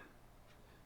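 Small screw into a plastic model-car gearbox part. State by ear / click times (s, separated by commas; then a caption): not seated / none. A small screw is handled against a plastic model-car gearbox part for a Kyosho RC Mercedes E190 transmission, turned backwards to find the start of its thread and check that it sits straight. Only low, steady handling noise is heard over 0.9 seconds, with no distinct click. Nothing has seated or clicked yet.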